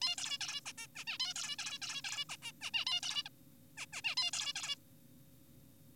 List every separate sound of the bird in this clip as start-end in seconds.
0.02-0.16, 0.18-0.38, 0.41-0.61, 0.66-0.72, 0.78-0.87, 0.95-1.04, 1.07-1.18, 1.20-1.34, 1.36-1.56, 1.59-1.79, 1.82-2.02, 2.05-2.25, 2.29-2.36, 2.43-2.52, 2.61-2.71, 2.74-2.85, 2.87-3.01, 3.03-3.23, 3.26-3.29, 3.77-3.86, 3.93-4.01, 4.05-4.15, 4.17-4.31, 4.33-4.53, 4.56-4.76